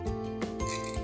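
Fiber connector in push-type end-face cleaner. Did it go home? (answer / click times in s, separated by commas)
no / none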